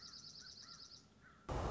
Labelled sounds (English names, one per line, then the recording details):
Dark-eyed Junco
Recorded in Sonoma County, California